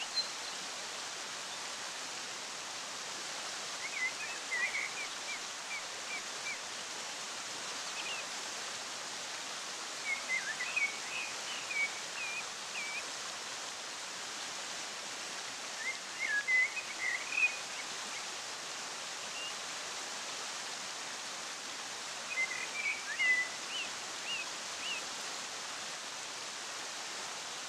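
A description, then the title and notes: Water rushes in a steady, dense hiss that fills the whole recording without change. Brief bird chirps break through at intervals, around 4, 10, 16 to 18 and 23 seconds, small bright calls sitting just above the constant flow. Sound of Water and Birdsong.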